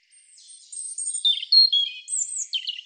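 European robin song, a varied string of thin high whistles and quick slurred notes stepping down in pitch, then a higher twittering flourish.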